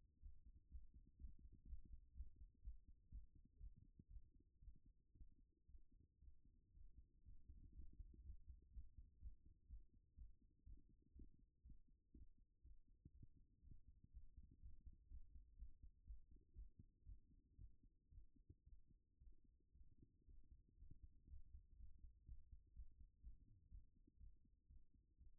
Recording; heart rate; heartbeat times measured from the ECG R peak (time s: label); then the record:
heart sounds by stethoscope; 120 bpm
0.19 s: heartbeat
0.69 s: heartbeat
1.18 s: heartbeat
1.66 s: heartbeat
2.13 s: heartbeat
2.61 s: heartbeat
3.09 s: heartbeat
3.57 s: heartbeat
4.07 s: heartbeat
4.59 s: heartbeat
5.12 s: heartbeat
5.65 s: heartbeat
6.18 s: heartbeat
6.71 s: heartbeat
7.22 s: heartbeat
7.72 s: heartbeat
8.22 s: heartbeat
8.71 s: heartbeat
9.19 s: heartbeat
9.67 s: heartbeat
10.15 s: heartbeat
10.63 s: heartbeat
11.12 s: heartbeat
11.61 s: heartbeat
12.11 s: heartbeat
12.61 s: heartbeat
13.11 s: heartbeat
13.61 s: heartbeat
14.10 s: heartbeat
14.59 s: heartbeat
15.07 s: heartbeat
15.55 s: heartbeat
16.04 s: heartbeat
16.53 s: heartbeat
17.03 s: heartbeat
17.55 s: heartbeat
18.09 s: heartbeat
18.63 s: heartbeat
19.18 s: heartbeat
19.71 s: heartbeat
20.24 s: heartbeat
20.76 s: heartbeat
21.26 s: heartbeat
21.76 s: heartbeat
22.24 s: heartbeat
22.72 s: heartbeat
23.20 s: heartbeat
23.68 s: heartbeat
24.17 s: heartbeat
24.67 s: heartbeat
25.17 s: heartbeat
From the record:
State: after exercise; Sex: female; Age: 25 years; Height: 169 cm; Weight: 64 kg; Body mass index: 22.41